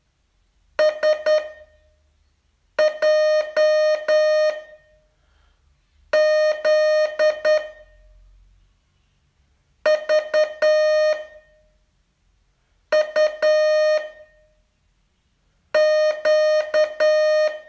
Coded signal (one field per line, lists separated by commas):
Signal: Morse code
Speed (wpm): 10 wpm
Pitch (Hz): 610 Hz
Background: music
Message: S J Z V U Q